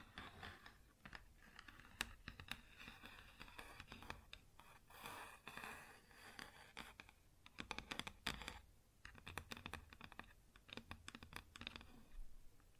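Fingers tap and scratch on a wooden surface in quick, irregular bursts that sound much like typing. Sharp clicks arrive in clusters, densest around the second, eighth and eleventh seconds, with brief softer scraping runs and short pauses between them.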